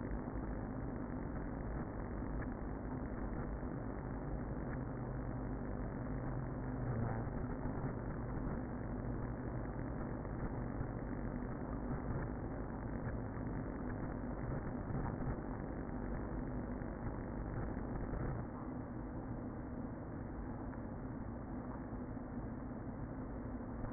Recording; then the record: honeybee colony, microphone inside the hive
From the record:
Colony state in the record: queen present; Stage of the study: before two queens were removed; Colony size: about 60,000 bees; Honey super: yes